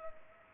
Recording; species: mosquito wingbeat signal from an infrared sensor; Culex pipiens